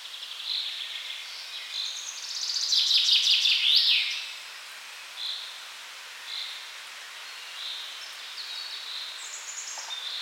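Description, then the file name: Common chaffinch song: one dense trilled phrase, with scattered short chirps before and after. "Fringilla coelebs"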